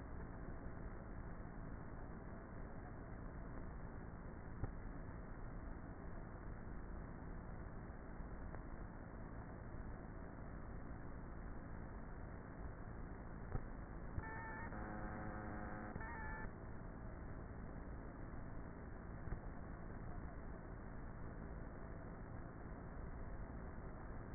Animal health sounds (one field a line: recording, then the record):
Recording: honeybee colony, microphone inside the hive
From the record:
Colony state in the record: queenless with a low population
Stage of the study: before two queens were removed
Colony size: about 30,000 bees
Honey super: no